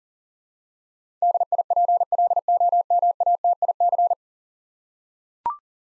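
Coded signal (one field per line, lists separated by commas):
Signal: Morse code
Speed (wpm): 40 wpm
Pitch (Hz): 700 Hz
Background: none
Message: DIPLOMATIC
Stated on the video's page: Morse code drill of 10-letter words at 40 wpm, each word sent twice.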